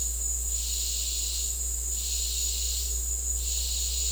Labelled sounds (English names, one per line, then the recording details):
none
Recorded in dense forest near Puerto Asís, Putumayo, Colombia, on 9 March 2025 at 09:30
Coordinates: 0.499, -76.324
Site GP03